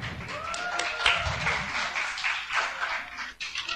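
A crowd boos and jeers in a steady, noisy wash of voices, with a few sharp whistles rising above the din for nearly four seconds.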